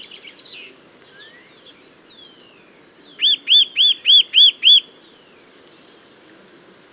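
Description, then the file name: Eurasian nuthatch calling a rapid run of six ringing, arched whistles near the middle, preceded by scattered thin notes and soft chirps. "Sitta europaea"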